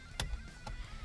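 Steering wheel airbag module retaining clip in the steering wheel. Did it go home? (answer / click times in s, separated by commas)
released / 0.2 s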